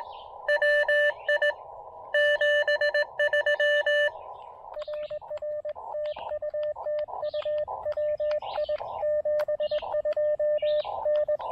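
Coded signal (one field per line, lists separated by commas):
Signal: Morse code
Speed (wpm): 21 wpm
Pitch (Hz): 590 Hz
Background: radio noise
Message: WI 73 RR TU TU WI 72 N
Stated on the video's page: QRP Morse code during a combined SOTA and POTA summit activation on 17 and 15 meters.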